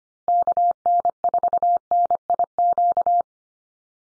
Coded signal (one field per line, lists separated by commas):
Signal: Morse code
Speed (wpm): 25 wpm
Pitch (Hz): 700 Hz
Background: none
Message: KN4NIQ